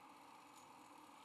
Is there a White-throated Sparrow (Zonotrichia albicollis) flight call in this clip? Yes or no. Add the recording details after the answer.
no. No flight call is heard. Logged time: 09:53 on 23 November 2014